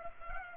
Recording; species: mosquito wingbeat signal from an infrared sensor; Culex pipiens